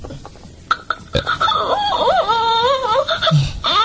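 A crying baby doll toy lets out a wavering, high-pitched electronic wail lasting a couple of seconds, preceded by a few soft clicks and ending abruptly.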